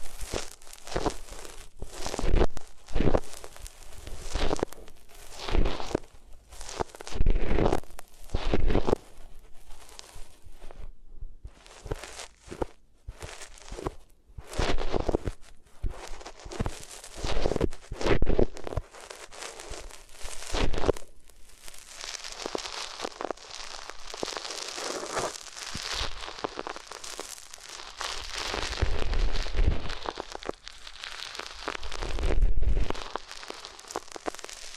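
Ear rubbing on different materials: for the first twenty seconds, quick irregular scratchy strokes come in dense bursts, with a short pause near eleven seconds. After that the sound turns to a steadier, brighter crinkling hiss, broken by a few dull low thumps near the end.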